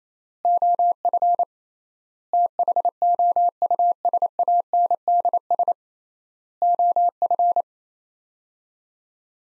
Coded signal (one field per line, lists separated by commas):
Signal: Morse code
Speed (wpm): 28 wpm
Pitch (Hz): 700 Hz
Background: none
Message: OF THOUSANDS OF